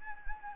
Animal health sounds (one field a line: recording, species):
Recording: mosquito wingbeat signal from an infrared sensor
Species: Anopheles gambiae